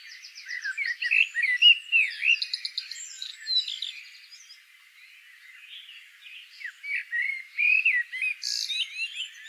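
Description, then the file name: Common blackbird warbling: busy rattling and slurred whistled notes in a dense first half, a quieter lull, then renewed sliding phrases near the end. "Turdus merula"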